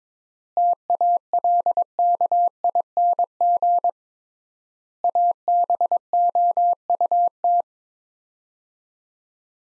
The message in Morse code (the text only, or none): TALKING ABOUT